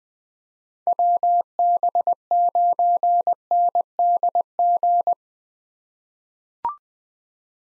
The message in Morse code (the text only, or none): WB9NDG